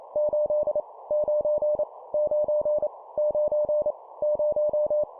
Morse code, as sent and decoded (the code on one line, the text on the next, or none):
---.. / ----. / ----. / ----. / -----
8 9 9 9 0